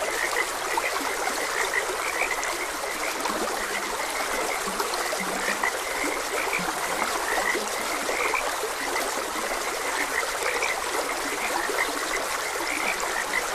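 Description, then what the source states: Frogs croaking, a few brief low croaks and higher chirping calls over a steady wash of stream water. Frogs croaking beside a gentle stream.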